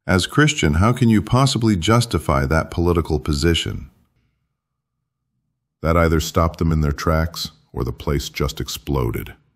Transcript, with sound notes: As Christian, how can you possibly justify that political position?" [back to his normal voice] That either stopped them in their tracks or the place just exploded.